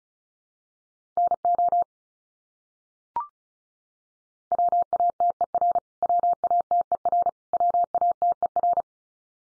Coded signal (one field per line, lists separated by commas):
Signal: Morse code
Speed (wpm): 34 wpm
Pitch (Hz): 700 Hz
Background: none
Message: NO WATER WATER WATER